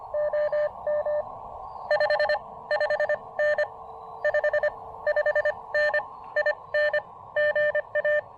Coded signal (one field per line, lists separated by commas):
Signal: Morse code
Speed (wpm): 25 wpm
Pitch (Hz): 600 Hz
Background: none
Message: OM 55N 55N IN GA